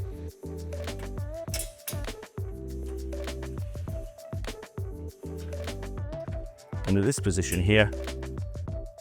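A waste-bin pull-out frame is positioned on a cabinet drawer slider and guided in under a bracket, with light handling knocks while someone talks over background music. Nothing has seated or clicked into place yet.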